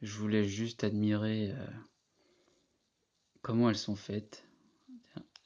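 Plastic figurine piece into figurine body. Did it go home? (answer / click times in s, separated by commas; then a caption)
partly / 5.2 s, 5.4 s. Someone talks while fitting a plastic piece into the body of a small plastic collectible Monster Hunter Soul Styling Vol.2 figurine. Two small, sharp clicks sound at 5.2 s and 5.4 s. The piece is not fully clipped in.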